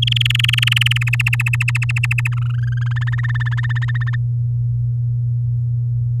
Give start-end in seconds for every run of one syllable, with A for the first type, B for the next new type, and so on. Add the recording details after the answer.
0.02-1.03 A, 1.07-2.28 B, 2.32-2.93 C, 2.96-4.16 D. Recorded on 11 May 2018 at 06:10. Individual llb16